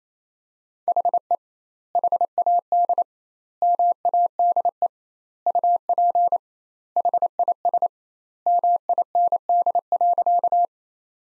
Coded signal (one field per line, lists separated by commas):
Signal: Morse code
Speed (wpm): 27 wpm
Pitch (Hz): 700 Hz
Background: none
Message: HE HAD MADE UP HIS MIND.